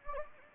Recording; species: mosquito wingbeat signal from an infrared sensor; Anopheles gambiae